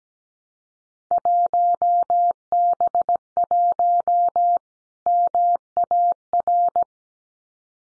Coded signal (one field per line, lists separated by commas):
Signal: Morse code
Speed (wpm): 17 wpm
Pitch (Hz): 700 Hz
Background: none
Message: 1B1 MAR